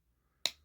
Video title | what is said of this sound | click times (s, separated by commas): Vid 840 Transformers Earthspark Warrior Class Jawbreaker | clicks the piece that goes over the back there and clicks into place | 0.5 s